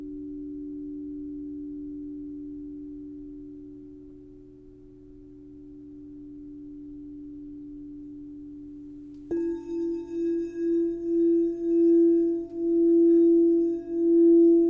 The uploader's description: crystal singing bowl